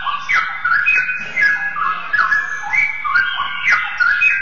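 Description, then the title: Oriental magpie-robin with a continuous stream of bright whistled phrases and quick downward slurs. "Kicau Kacer"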